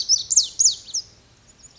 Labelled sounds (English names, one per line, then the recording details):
Lazuli Bunting
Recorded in Sonoma County, California